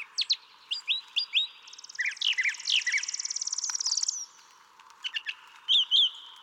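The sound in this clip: Brown thrasher song, a jumble of sharp chips and slurred notes, then a long buzzy trill near the middle before more clipped phrases.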